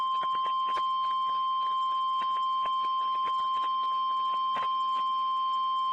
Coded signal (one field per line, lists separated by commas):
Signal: Emergency Alert System (SAME) tones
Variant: 1050 Hz attention tone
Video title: Chaotic Hellstorm II Slight Risk Day| EAS Alerts From 11/10/2020 (EAS #101-121)